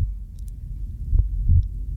It's just the sound of his friend's heartbeat for 30 minutes.